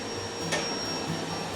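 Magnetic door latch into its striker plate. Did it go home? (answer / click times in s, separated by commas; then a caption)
no / none. An Italian-made magnetic door latch on a cabin door of a 1974 70ft timber Halvorsen classic Australian boat is handled as the door is shut toward its striker plate, where the bolt stays retracted until it meets the striker's magnet and then locks. A steady broadband hum runs throughout, with a brief soft bump of noise around 0.5 s. Nothing has seated or clicked yet.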